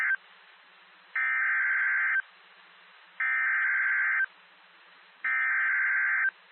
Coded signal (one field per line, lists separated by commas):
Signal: Emergency Alert System (SAME) tones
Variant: header bursts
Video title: 2 Severe Thunderstorm Warning Tennessee Double Header EAS WXK 46 Knoxville TN 8/17/26